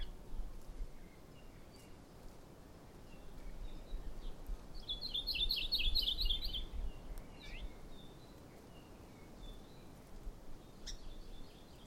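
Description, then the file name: Maui parrotbill producing one bright burst of fast, high repeated notes midway, with scattered faint chips before and after and a low steady hum throughout. "Maui Parrotbill Pseudonestor xanthophrys"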